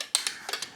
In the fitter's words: So better kita lock. dia lock kat sini